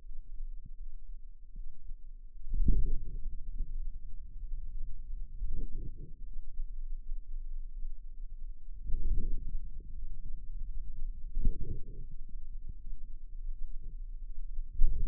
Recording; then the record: forearm muscle sounds (acoustic myography)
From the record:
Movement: wrist extension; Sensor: system 2, bracelet of six BSWA MPA416 microphones around the upper forearm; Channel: 4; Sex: female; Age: 23 years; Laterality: right